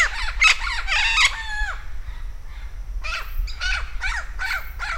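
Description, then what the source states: Vinaceous-breasted amazon gives a quick run of grating squawks ending in a drawn-out falling note, then, after a pause, several harsh notes in a row. Campos do Jordão, São Paulo, Brazil; dated 3-12-09.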